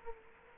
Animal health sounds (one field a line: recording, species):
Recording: mosquito wingbeat signal from an infrared sensor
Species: Culex quinquefasciatus